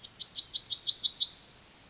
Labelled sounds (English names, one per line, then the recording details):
Yellowhammer song
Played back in forest
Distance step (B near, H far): C
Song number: 146